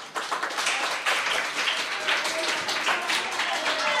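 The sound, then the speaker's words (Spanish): A crowd applauds steadily to welcome arriving radio guest Tomás Silvera, island director of social services of the Cabildo de Lanzarote, a dense wash of many hands clapping at a fairly loud, even level for about four seconds without pause. “Y recibimos con un buen aplauso a nuestro invitado Tomás Silvera.”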